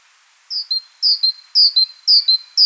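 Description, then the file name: Great tit song: a high note dropping to a slightly lower one, the two-note phrase repeated about every half second in a steady rhythm. "Parus major"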